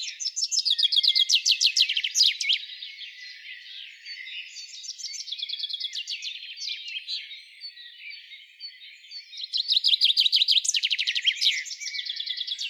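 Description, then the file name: Common chaffinch song: bright trilled phrases ending in a sharp flourish, a loud strophe at the start and another near the end, with fainter song phrases between. "Fringilla coelebs"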